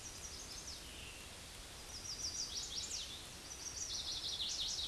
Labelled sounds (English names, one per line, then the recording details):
Chestnut-sided Warbler song
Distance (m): 40 m
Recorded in a Pennsylvania forest on 18 May 2023 at 09:49
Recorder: AudioMoth, point grid1_10_low
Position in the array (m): 15 m, 90 m